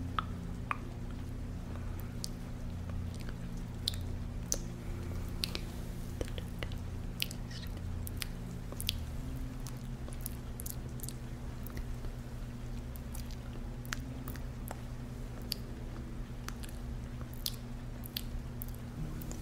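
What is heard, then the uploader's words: Wet squishing and slick slapping sounds of a hot stone and oil massage, irregular and frequent, over a steady low hum. ASMR Hot Stone & Oil Massage.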